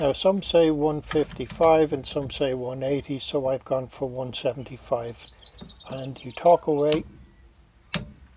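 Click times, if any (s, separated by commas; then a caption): 7.9 s. A torque wrench set to 175 Nm tightens the rear wheel hub bearing bolt on an Audi A3 while someone talks. The wrench gives a single sharp click at 7.9 s, showing the bolt has reached the set torque.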